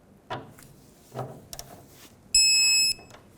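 A torque wrench tightens the fuel tank strap bolts while a rear fuel tank is being replaced on a 2008–2010 Ford F-450 Super Duty. After a couple of dull bursts, the wrench clicks at its setting at about 1.5 s, followed by a loud, steady, high-pitched beep from about 2.3 to 2.9 s. The bolts are confirmed torqued.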